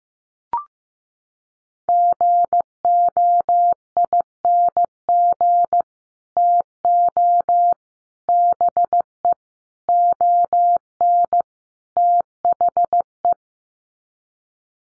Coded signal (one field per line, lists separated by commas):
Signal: Morse code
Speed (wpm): 15 wpm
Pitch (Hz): 700 Hz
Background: none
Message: GOING TO BE ON THE